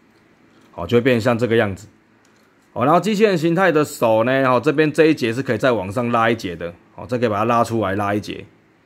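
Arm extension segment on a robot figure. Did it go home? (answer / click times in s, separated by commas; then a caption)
no / none. A man talks while handling the arm extension segment on a Bandai HI-METAL R VF-4G Lightning III (Macross Flash Back 2012, Skull Leader type) robot figure in robot form, preparing to pull the segment out one notch. Nothing has seated or clicked into the extended position yet.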